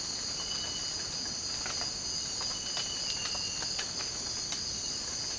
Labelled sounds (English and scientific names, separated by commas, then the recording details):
none
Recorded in dense forest near Puerto Asís, Putumayo, Colombia, on 19 March 2025 at 03:00
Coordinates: 0.481, -76.323
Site G088